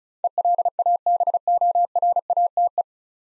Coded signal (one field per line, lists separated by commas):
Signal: Morse code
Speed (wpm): 36 wpm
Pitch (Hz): 700 Hz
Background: none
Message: ELABORATE